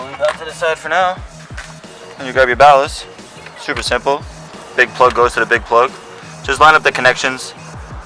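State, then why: Not seated. While someone talks, the big plastic main power plug of an HID ballast for a Legacy GT headlight install is picked up and lined up with its mating harness plug. Nothing has seated or clicked yet.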